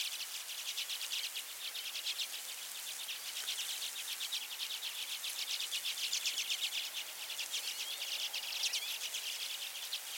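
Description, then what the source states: Common redpoll calling, a steady run of high, buzzy twittering notes repeated rapidly throughout, over a soft hiss of background noise. Nominate subspecies flammea.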